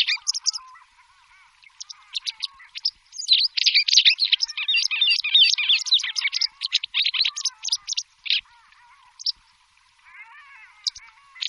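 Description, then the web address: White wagtail twittering in a dense run of sharp, high chirps that builds in the middle, with sparse single notes at the start and end. "Voegel Bachstelze"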